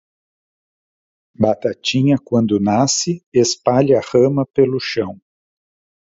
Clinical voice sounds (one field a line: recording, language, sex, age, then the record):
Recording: short text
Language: Brazilian Portuguese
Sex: male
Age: 50 to 59 years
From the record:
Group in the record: control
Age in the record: 58 years